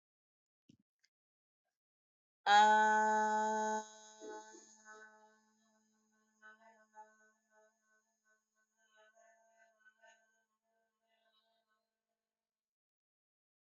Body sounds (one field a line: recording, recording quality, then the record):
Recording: sustained vowel as in made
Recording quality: excellent, no background noise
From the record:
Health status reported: healthy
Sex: female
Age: 33 years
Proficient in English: yes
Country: India